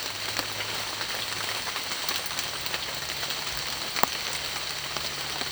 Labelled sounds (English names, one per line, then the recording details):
none
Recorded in secondary vegetation near Puerto Asís, Putumayo, Colombia, on 29 June 2025 at 13:30
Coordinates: 0.498, -76.327
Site GP09